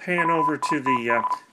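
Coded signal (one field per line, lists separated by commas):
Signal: Morse code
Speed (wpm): 36 wpm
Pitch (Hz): 1000 Hz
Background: speech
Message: WITH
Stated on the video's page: CW copied acoustically from a speaker by an Arduino tone decoder via a microphone amplifier.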